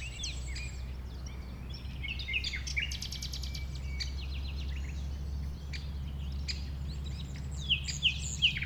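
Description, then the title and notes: Common nightingale song: varied high phrases and a fast buzzy rattle of repeated notes, then loud sharp notes at the close, over a steady low rumble. Nightingale, one of a few settled on the banks of a stream forming a pond 1500 m from the A20 motorway; recorded around 8 am on Sunday 12 April. "Un Rossignol Envers Et Contre Tout. un rossignol venu avec quelques autres s'installer sur les rives d'un ruisseau formant un étang à 1500 mètres de l'A 20. Ces moments ont été enregistrés vers 8h le dimanche 12 avril"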